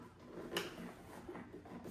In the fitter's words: Okay, clicks into place